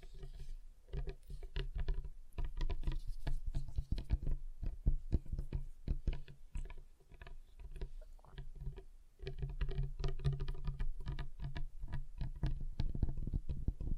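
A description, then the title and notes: Fingers tap rapidly on a table surface, a dense patter of dull knocks with a low thud beneath them. The tapping runs almost continuously, thins and softens around eight to nine seconds, then returns fuller and brighter. ASMR Relaxing Table Tapping Different Surfaces (No Talking).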